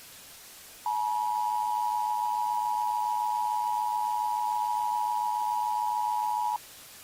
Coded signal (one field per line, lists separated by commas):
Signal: Emergency Alert System (SAME) tones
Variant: 853 and 960 Hz attention tone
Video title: EAS Scenario: Nuclear Missile Attack I (Part 1)